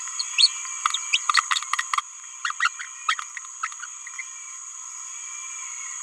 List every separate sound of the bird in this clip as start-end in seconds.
0.19-0.24, 0.38-0.52, 1.12-1.19, 2.44-2.53, 2.59-2.69, 3.08-3.15, 3.63-3.69